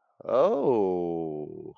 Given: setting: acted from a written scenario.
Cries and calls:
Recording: vocal sound without words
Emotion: interest

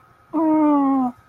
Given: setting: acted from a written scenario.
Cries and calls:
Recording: vocal sound without words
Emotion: sympathy

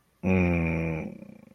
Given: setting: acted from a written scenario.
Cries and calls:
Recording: vocal sound without words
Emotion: serenity

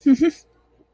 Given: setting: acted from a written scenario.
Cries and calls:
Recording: vocal sound without words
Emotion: amusement

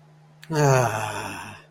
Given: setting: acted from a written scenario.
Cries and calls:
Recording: vocal sound without words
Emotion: contentment

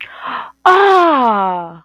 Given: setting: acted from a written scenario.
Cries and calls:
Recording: vocal sound without words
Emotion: realization

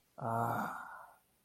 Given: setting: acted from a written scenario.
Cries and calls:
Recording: vocal sound without words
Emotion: contempt

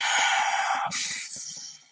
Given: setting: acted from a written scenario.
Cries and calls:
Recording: vocal sound without words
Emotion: disappointment

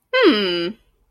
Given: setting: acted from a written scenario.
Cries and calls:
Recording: vocal sound without words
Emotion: pride

